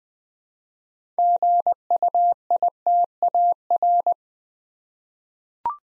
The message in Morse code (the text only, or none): GUITAR